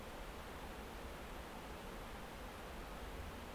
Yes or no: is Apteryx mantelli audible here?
no